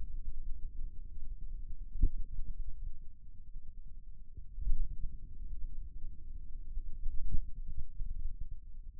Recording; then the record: forearm muscle sounds (acoustic myography)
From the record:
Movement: finger pinch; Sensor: system 2, bracelet of six BSWA MPA416 microphones around the upper forearm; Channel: 2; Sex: male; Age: 22 years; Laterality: right